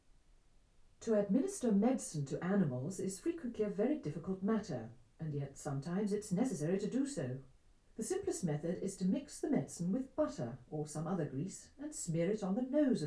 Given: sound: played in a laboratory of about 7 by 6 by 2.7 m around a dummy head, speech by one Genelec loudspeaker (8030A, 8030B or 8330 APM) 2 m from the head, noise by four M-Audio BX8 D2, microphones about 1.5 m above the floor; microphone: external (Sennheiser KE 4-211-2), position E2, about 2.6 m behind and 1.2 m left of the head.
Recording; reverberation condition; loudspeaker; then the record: female speech in English; low; 150 degrees to the right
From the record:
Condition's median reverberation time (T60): about 310 ms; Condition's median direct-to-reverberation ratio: about 3.5 dB